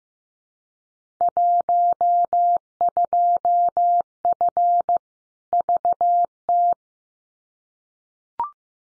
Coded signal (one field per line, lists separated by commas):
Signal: Morse code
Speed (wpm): 15 wpm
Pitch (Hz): 700 Hz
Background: none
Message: 12F VT